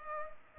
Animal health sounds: mosquito wingbeat signal from an infrared sensor; Culex pipiens

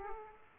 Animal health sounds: mosquito wingbeat signal from an infrared sensor; Aedes aegypti

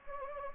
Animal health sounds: mosquito wingbeat signal from an infrared sensor; Anopheles gambiae

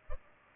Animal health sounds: mosquito wingbeat signal from an infrared sensor; Culex pipiens

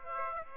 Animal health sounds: mosquito wingbeat signal from an infrared sensor; Aedes aegypti

